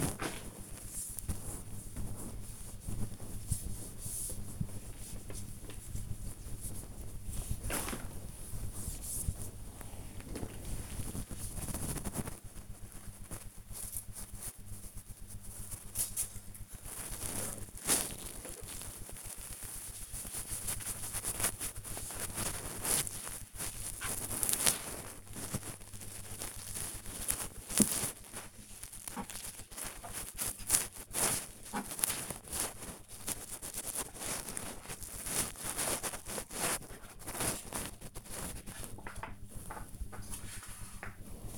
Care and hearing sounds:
household activities, microphone on the right wrist
0.00-41.58 s: dusting furniture

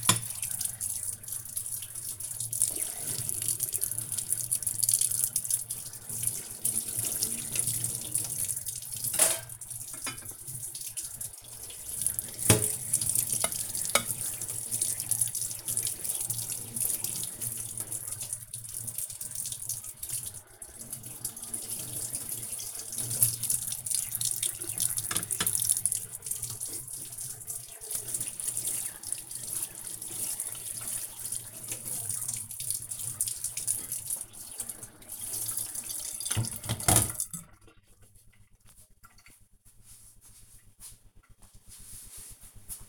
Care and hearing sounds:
household activities, microphone on the right wrist
0.00-37.89 s: washing dishes

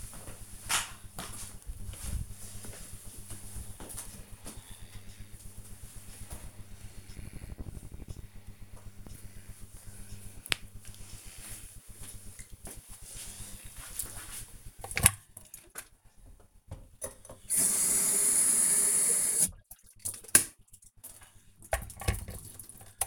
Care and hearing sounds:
household activities, microphone on the right wrist
15.23-23.07 s: making tea
21.40 s: note: voice

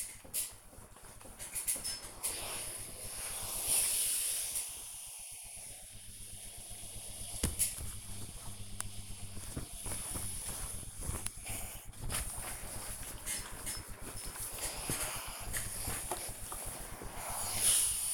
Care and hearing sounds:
household activities, microphone on the right wrist
0.00-18.13 s: ironing laundry

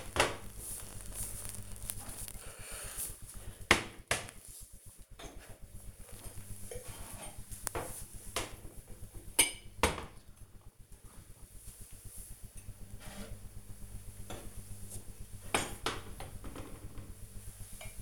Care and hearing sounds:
household activities, microphone on the right wrist
none

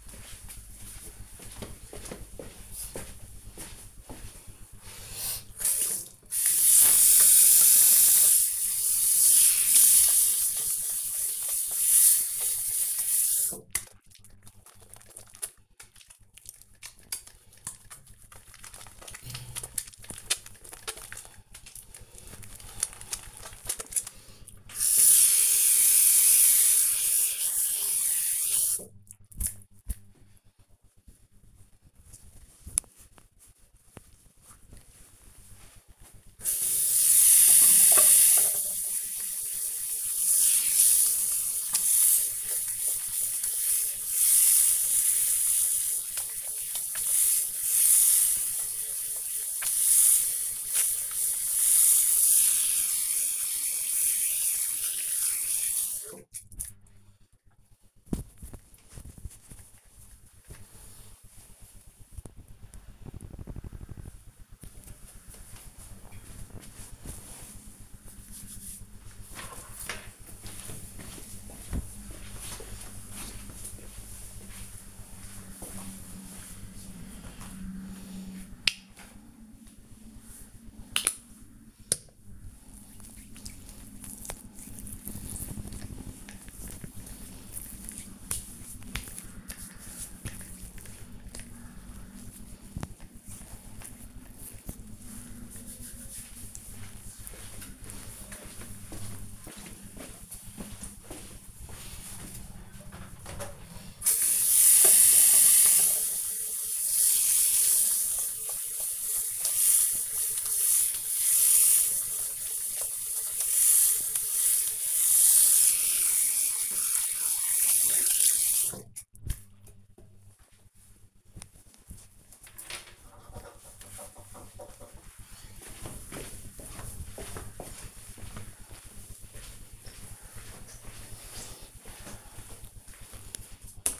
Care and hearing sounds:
household activities, microphone on the right wrist
5.48-30.61 s: washing hands
35.63-56.75 s: washing hands
78.83-92.89 s: cream hands
104.95-120.02 s: washing hands

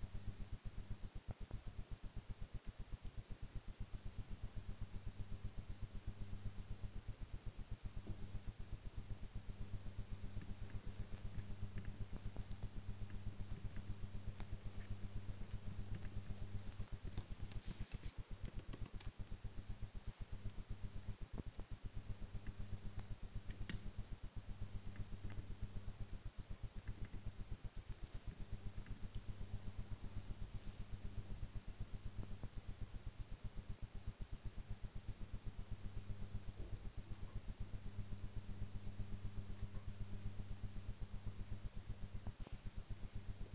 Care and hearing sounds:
household activities, microphone on the right wrist
0.00-37.06 s: working on the computer
39.07-43.54 s: working on the computer

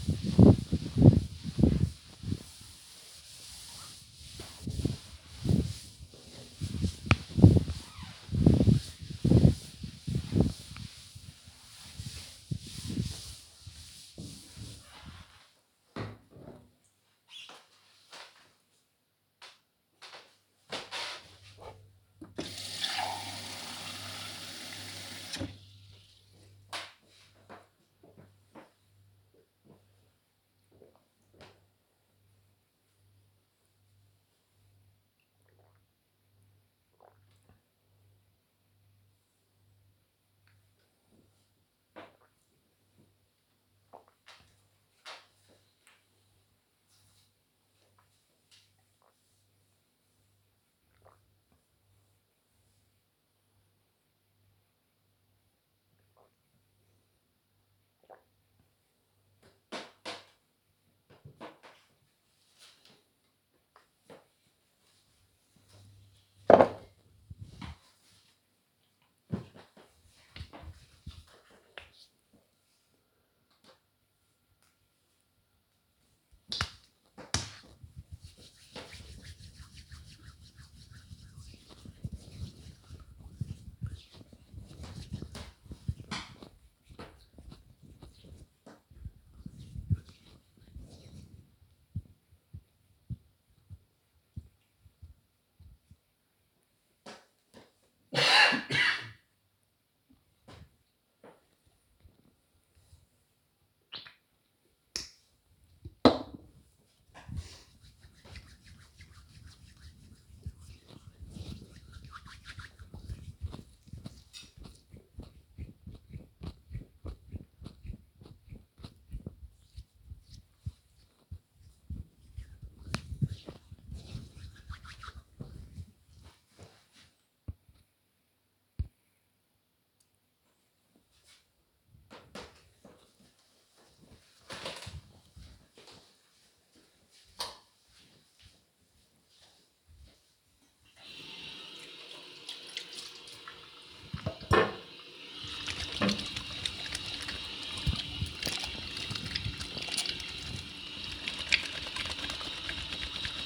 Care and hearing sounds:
household activities, microphone on the right wrist
0.00-14.27 s: cleaning table
22.31-62.49 s: drinking
72.54-96.68 s: cream hands
106.71-123.81 s: disinfecting hands
140.89-153.45 s: washing hands

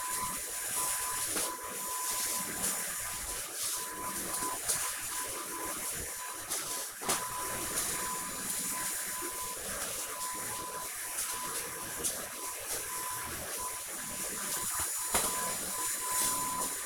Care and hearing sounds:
household activities, microphone on the right wrist
0.00-16.86 s: vacuum cleaning

